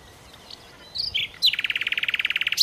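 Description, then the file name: Common nightingale song with a few soft, varied notes followed by a rapid, rattling trill of evenly repeated pulses. "Nachtigall"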